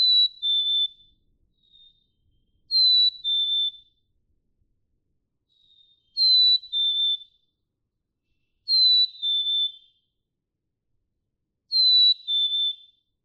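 Black-capped chickadee song, five clean two-note whistles, high then a bit lower, spaced about three seconds apart, with a soft fainter note between.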